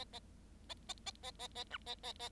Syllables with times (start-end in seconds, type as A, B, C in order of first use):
0.69-0.74 A, 0.88-0.93 A, 1.06-1.11 A, 1.23-1.31 A, 1.39-1.47 A, 1.55-1.63 A, 1.70-1.78 B, 1.86-1.95 A, 2.03-2.12 A, 2.19-2.29 A